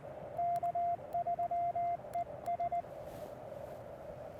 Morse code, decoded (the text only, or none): K3ES